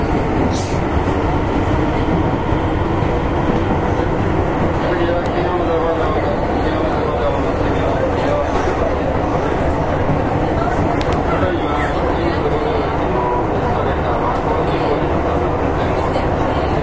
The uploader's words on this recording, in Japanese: 京阪電車 6000系 急行 枚方市から祇園四条まで。京阪電気鉄道 6000系電車の走行音です。急行列車にて録音しました。